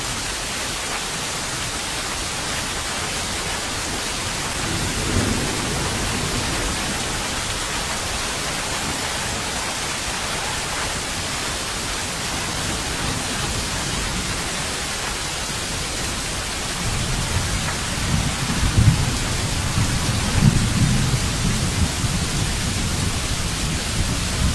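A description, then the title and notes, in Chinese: Steady rain hisses evenly across the whole clip, a dense, bright wash with no gaps. Low rumbling swells underneath around five seconds and again from about seventeen seconds to the end, like thunder rolling in. 3D白噪音 下雨声。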